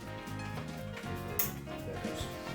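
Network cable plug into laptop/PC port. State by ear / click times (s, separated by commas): seated / 1.4 s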